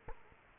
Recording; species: mosquito wingbeat signal from an infrared sensor; Culex quinquefasciatus